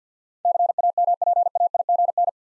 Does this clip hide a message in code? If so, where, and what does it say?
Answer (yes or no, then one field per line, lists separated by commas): yes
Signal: Morse code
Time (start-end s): 0.5-2.3 s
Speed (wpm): 47 wpm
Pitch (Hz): 700 Hz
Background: none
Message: CAMPAIGN